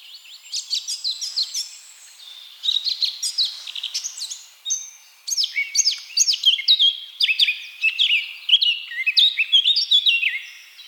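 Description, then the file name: Eurasian blackcap song: a fast, varied warble of high, scratchy and fluty notes in dense phrases, broken by two short pauses. "Sylvia atricapilla"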